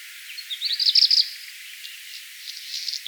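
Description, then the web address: Black redstart song, a brief high whistled start running into a crackling, scratchy burst, then faint grating notes later. Song, by Lars Lachmann for NABU. "vogelstimmen hausrotschwanz gesang nabu lars lachmann"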